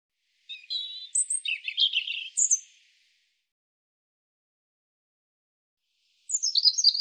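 European robin song: a burst of varied high, thin warbled and trilled notes lasting about two seconds, then silence, then a brief high tumbling phrase at the end.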